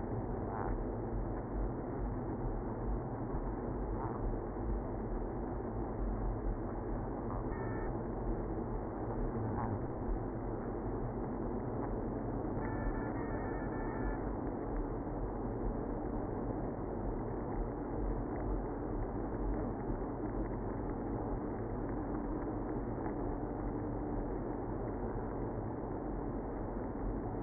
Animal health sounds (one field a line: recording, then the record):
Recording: honeybee colony, microphone inside the hive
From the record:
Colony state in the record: queenless (queen removed)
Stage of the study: after two queens were removed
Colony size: about 60,000 bees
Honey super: yes